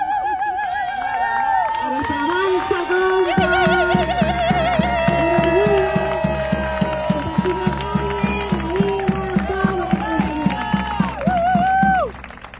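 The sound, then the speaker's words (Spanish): A loud crowd at a press conference cheers and applauds to welcome a freed woman, with voices chanting in sustained wavering tones over a steady rhythmic beat that starts a few seconds in, before the noise cuts off near the end. “recibamos con un aplauso, abrazo, canto, grito, amor.”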